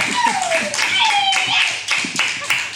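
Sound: applause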